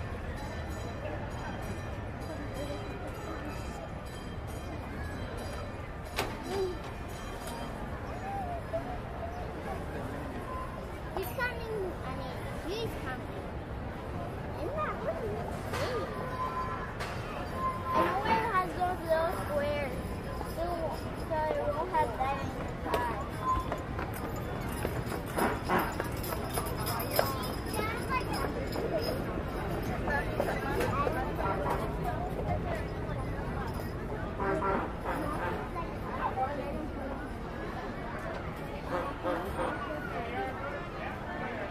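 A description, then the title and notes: Amusement park ambience with a steady crowd murmur of many voices blending together, some speech rising above it. Low mechanical rumble runs underneath, and sharp clattering knocks pop up now and then, busier between about 17 and 30 seconds. Amusement park noises/ambiance.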